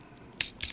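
A plastic tab on a Transformers War for Cybertron Kingdom Galvatron figure is pressed into its slot in the toy robot's body. After a faint tick near 0.2 s, two sharp clicks sound at 0.4 s and 0.6 s. The tab snaps in and seats solidly.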